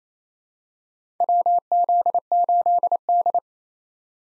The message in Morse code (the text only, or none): WZ8D